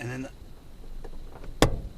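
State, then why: Seated. After hooking its tab in first, the plastic map light lens and housing of a 2008 Scion xB's personal map light LED replacement is pressed up into the overhead console while someone talks briefly. Faint ticks come at 1.0 and 1.4 seconds, then a single sharp snap at 1.6 seconds as the lens seats in place.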